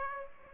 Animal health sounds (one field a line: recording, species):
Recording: mosquito wingbeat signal from an infrared sensor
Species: Aedes aegypti